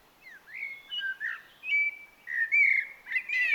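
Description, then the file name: Common blackbird pours out warm, flute-like warbling phrases with gliding pitch changes, closing on thin, scratchy high notes. "Turdus merula"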